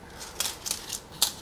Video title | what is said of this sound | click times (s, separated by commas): My First Model Railroad! | So far everything looks pretty good, snapping together, yeah, no problem. | 0.4 s, 0.7 s, 0.9 s, 1.2 s